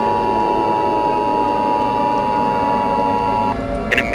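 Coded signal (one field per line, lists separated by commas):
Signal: Emergency Alert System (SAME) tones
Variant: 853 and 960 Hz attention tone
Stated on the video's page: Fictional EAS scenario, not a real alert.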